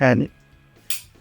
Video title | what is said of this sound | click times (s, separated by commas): Stop Using Cinematic Mode (Do THIS Instead) | you hear a little click. | 0.9 s